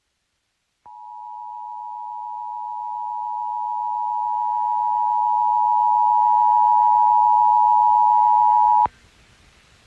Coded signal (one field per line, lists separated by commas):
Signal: Emergency Alert System (SAME) tones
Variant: 853 and 960 Hz attention tone